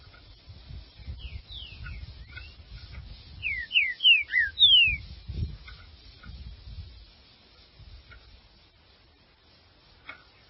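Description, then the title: Green-winged saltator song of bright descending whistles delivered in a fast run, with a low rumbling background noise throughout. "Trinca Ferro"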